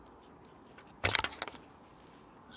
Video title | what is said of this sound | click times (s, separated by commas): Bear Force Professional Foam Cannons Features are UNIQUE and like no other. | foam coming apart. No hammering with pins, no banging, no nothing. Straight pop. | 1.1 s